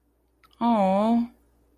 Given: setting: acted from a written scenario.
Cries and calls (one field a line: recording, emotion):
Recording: vocal sound without words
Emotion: sympathy